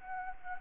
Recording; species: mosquito wingbeat signal from an infrared sensor; Anopheles gambiae